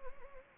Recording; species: mosquito wingbeat signal from an infrared sensor; Anopheles arabiensis